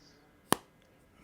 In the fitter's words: click and then when you open it